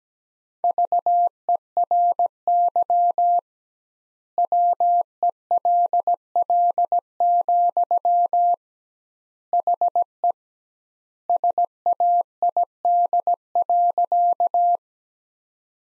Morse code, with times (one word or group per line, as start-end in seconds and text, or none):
0.6-3.4 VERY
4.4-8.5 WELL,
9.5-10.3 HE
11.3-14.8 SAID.